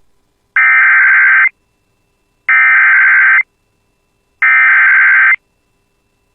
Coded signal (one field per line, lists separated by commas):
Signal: Emergency Alert System (SAME) tones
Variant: header bursts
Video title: [EAS] Severe Thunderstorm Warning for Mahnomen and White Earth (5/26/26)